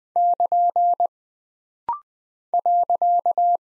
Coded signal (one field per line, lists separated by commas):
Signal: Morse code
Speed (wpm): 20 wpm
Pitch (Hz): 700 Hz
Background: none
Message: <KN> .